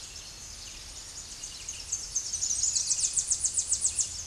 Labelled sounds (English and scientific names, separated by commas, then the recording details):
Tennessee Warbler (Leiothlypis peregrina) song
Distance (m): 40 m
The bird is about 30 m above the microphone
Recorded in a Pennsylvania forest on 16 May 2024 at 08:27
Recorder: AudioMoth, point MSD-1293
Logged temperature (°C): 12.0 °C
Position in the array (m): 57 m, 174 m